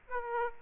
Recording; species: mosquito wingbeat signal from an infrared sensor; Aedes aegypti